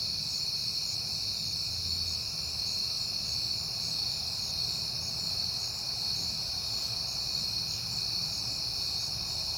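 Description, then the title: Continuous shrill cricket chorus, unwavering in pitch and level, with a gentle low rumble in the background. Crickets recorded at night in September, heard often lately, on a peaceful night. "Night Time: Crickets and Passing Cars"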